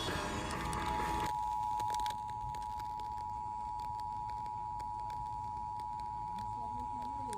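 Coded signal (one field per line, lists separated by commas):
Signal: Emergency Alert System (SAME) tones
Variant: 853 and 960 Hz attention tone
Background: speech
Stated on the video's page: Real severe weather alerts from weather radio.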